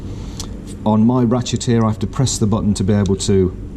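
A 16 mm metric metal socket is handled at a ratchet while someone talks, with the release button on the ratchet to be pressed so the socket can be pushed onto the square drive. A brief sharp sound is heard near 0.4 s. Nothing has seated or locked in place yet by the end of the clip.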